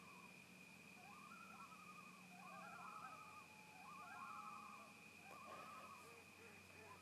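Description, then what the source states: Loon giving wavering tremolo calls, several at mid pitch, fairly faint, over a steady high hum and low background rumble. Loons at Sunset Lodge, 10 September 2018.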